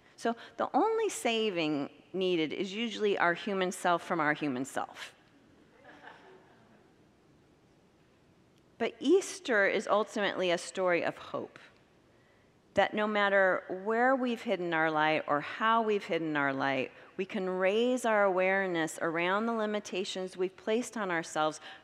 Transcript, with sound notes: So the only “saving” needed is usually our human self from our human self. [Congregants laugh] But Easter is ultimately a story of hope. That, no matter where we’ve hidden our light, or how we’ve hidden our light, we can raise our awareness around the limitations we’ve placed on ourselves;